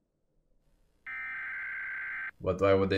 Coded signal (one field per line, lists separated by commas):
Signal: Emergency Alert System (SAME) tones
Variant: header bursts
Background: speech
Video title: Forsen Reacts to EAS Alarms of Around the World (REAL ones ONLY)